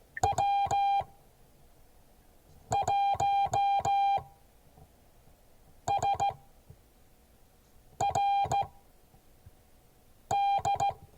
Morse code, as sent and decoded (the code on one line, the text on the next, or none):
.-- .---- ... .-. -..
W1SRD